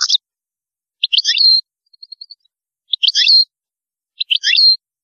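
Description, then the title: European goldfinch song: short, bright twittering phrases ending in a clear slurred note, with faint soft ticks between. "Chant Chardonneret"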